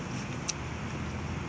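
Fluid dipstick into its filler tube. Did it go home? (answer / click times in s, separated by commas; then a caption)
yes / 0.5 s. A spring-loaded fluid dipstick, just wiped off, is pushed back into its filler tube. It snaps into place with one sharp, short click at 0.5 s over a steady low background hum. The dipstick is seated.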